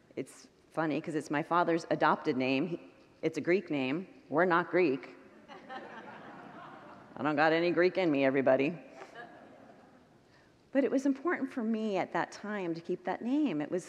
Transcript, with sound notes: It’s funny, because it’s my father’s adopted name. It’s a Greek name; we’re not Greek. [Congregants laugh] I don’t got any Greek in me, everybody! But it was important for me at that time to keep that name.